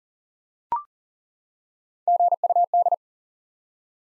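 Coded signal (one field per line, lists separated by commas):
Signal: Morse code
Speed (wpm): 38 wpm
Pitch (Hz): 700 Hz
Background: none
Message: GUD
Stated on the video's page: Morse code head-copy drill of the top 20 QSO elements at 40 wpm, each element sent, then spoken, then sent again.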